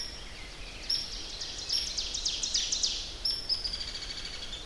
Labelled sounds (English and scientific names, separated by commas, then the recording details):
Ovenbird (Seiurus aurocapilla) song
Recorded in boreal forest in Alberta, Canada, on 10 June 2016 at 08:56
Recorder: SongMeter 3, array SBT-3-39
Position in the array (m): 271 m, 158 m
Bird 19